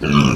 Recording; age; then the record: pig call; growing-finishing pig (85 days or more)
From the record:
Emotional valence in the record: positive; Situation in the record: run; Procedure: transit